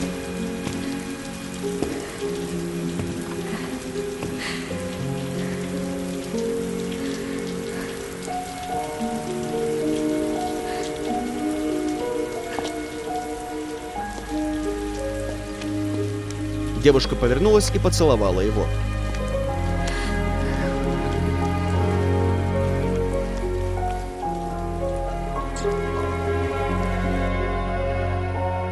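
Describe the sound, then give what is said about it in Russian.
Steady warm rain patters down in a continuous hiss outside a garage, where a young woman stands in it, while a voice speaks briefly over it and low tonal sounds swell underneath in the second half. “Девушка вышла из гаража и встала под дождем.”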